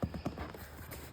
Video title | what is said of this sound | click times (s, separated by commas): Porsche 911 OEM Extinguisher Installation | It actually gave you a pretty satisfying click when you roll this back in. | 0.0 s, 0.3 s